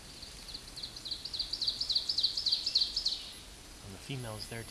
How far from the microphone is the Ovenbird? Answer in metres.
about 35 m